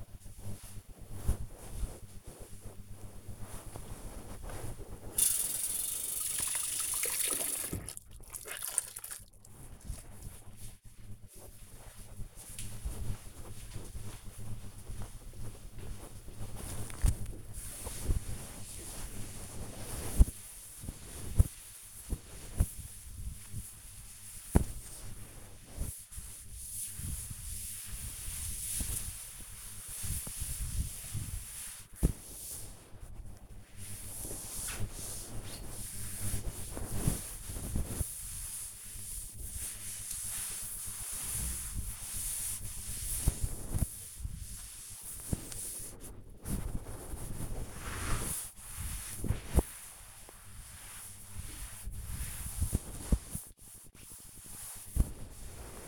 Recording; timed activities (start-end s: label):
household activities, microphone on the right wrist
2.82-55.87 s: cleaning table